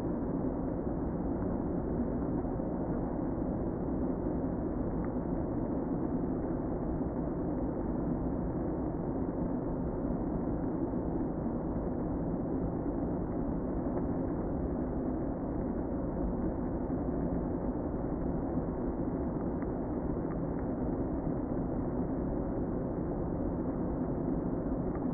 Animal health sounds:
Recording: honeybee colony, microphone inside the hive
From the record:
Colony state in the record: queen present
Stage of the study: before two queens were removed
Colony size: about 60,000 bees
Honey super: yes

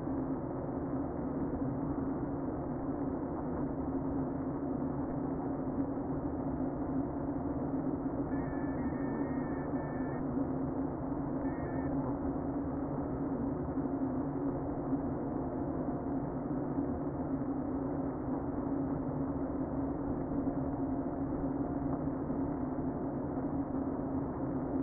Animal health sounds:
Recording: honeybee colony, microphone inside the hive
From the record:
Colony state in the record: queen present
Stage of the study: before two queens were removed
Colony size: about 60,000 bees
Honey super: yes

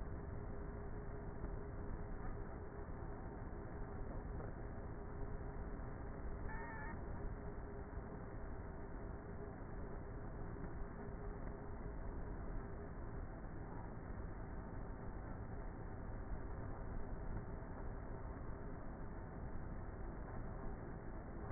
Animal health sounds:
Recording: honeybee colony, microphone inside the hive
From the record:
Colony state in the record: queenless with a low population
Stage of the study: before two queens were removed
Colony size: about 30,000 bees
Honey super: no

